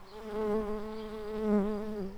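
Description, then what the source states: Early bumblebee buzzing steadily, a low droning hum with a rich stack of harmonics that swells and dips slightly in pitch over two seconds. Worker early bumblebees (Bombus pratorum).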